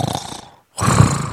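Two rough, rattling low-pitched breath sounds with a brief silent pause between them, the second louder and fuller. An adult deliberately does an impression of somebody snoring, a vibrating throat noise on the breath rather than genuine sleep snoring.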